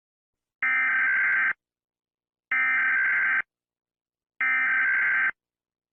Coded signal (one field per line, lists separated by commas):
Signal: Emergency Alert System (SAME) tones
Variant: header bursts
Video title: EAS Scenario 1: Hazbin Hotel Horror Mayhem!!! (Read Description